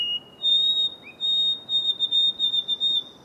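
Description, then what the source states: White-throated Sparrow song: a clear, pure whistled note followed by a higher held whistle, then a run of short repeated high whistles. Example from a collection of about 1,200 bird recordings, many of the same species, since birds make many different sounds, some varying among individuals.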